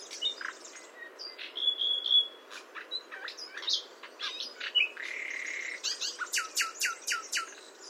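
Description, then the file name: Common nightingale song: varied phrases of pure whistles, a sustained high note, buzzy segments and a closing run of rapid descending notes, all over a steady low hiss. "Luscinia megarhynchos"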